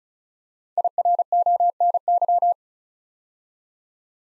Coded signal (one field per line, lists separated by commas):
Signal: Morse code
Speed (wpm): 36 wpm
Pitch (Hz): 700 Hz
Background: none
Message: IRONY